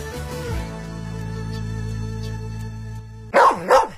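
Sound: dog barking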